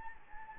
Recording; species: mosquito wingbeat signal from an infrared sensor; Anopheles gambiae